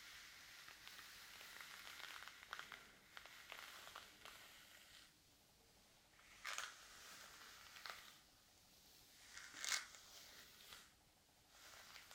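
Soft, scratchy brushing through hair, with a dense run of quick strokes over the first five seconds that then gives way to sparser, separate sweeps. Sharper, brighter strokes land near 6.5, 8 and 9.7 seconds. The sound is quiet, with a faint steady hiss underneath.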